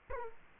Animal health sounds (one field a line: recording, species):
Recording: mosquito wingbeat signal from an infrared sensor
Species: Culex quinquefasciatus